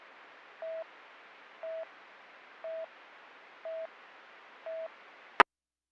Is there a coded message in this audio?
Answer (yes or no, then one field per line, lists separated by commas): no